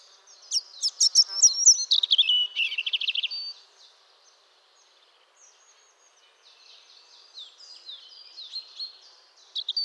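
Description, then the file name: European robin song: a burst of high, thin, tumbling phrases mixing sweet whistles and rapid trills, then softer, scattered twittering phrases after a pause. "Erithacus rubecula"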